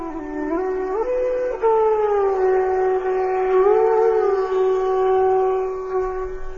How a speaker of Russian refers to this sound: На другой стороне поля Кришна и Арджуна, находясь на своей огромной колеснице, запряженной белыми лошадьми, затрубили в свои божественные раковины.